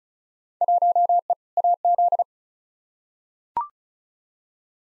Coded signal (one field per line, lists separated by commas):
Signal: Morse code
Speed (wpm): 36 wpm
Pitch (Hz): 700 Hz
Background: none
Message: 1E AZ